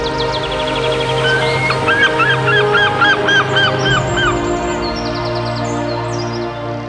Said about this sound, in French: Le cinquième jour, Dieu créa toutes sortes de poissons pour peupler les mers et des oiseaux pour chanter dans le ciel. Quelle symphonie!